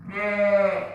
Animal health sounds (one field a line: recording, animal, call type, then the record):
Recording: contact call of a hoofed animal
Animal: sheep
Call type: low-frequency (closed-mouth) or high-frequency (open-mouth) call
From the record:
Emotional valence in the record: negative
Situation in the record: short social isolation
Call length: 0.95 s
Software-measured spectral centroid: 1470 Hz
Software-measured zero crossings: 1750 a second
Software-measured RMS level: -23 dBFS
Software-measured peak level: -10 dBFS